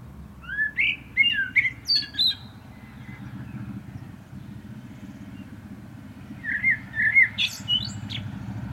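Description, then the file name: Common blackbird singing two separate phrases, each a few fluty warbled notes and a brief high twitter, with a pause of several seconds between them. "Turdus merula"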